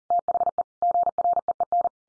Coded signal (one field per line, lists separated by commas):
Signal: Morse code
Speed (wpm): 40 wpm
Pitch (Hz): 700 Hz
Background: none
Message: THE GREEN